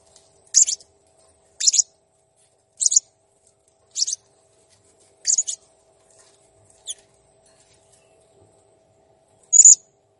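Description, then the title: Blue-crowned hanging parrot giving buzzy, high-pitched chirps about every second, then a pause and a final sharp squeak. Master recording used for training cage birds, described as clear and chatty (gacor). "Masteran Burung Serindit Ll Masteran Serindit Gacor Jernih"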